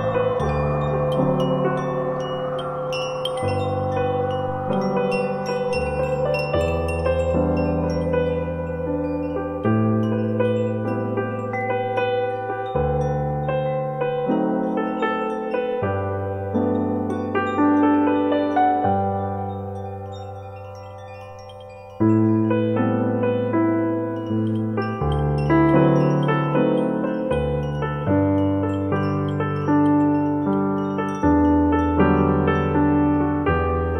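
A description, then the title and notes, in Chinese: Wind chime tones ring over sustained, layered notes, with low bass notes shifting every two to three seconds in a regular pattern. Around twenty seconds the sound thins and quietens, then returns suddenly at full level near twenty-two seconds. 风铃催眠。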